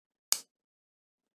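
The blade of a back-lock folding knife is swung open until the spring-loaded lock bar drops into the notch on the blade tang, giving one sharp, bright click at 0.3 s that fades within about a tenth of a second, followed by silence. The blade is locked open.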